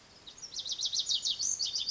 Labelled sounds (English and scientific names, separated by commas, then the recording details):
Lazuli Bunting (Passerina amoena)
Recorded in Sonoma County, California